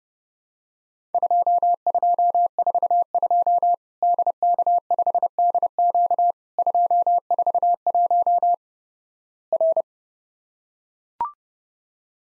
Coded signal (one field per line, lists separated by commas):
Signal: Morse code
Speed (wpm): 32 wpm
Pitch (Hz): 700 Hz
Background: none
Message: 2242 DK5DQ 241 R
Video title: Worked All Europe DX Contest QTC Exchange 30wpm